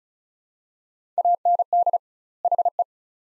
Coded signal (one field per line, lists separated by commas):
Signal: Morse code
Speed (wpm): 36 wpm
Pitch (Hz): 700 Hz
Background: none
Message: AND HE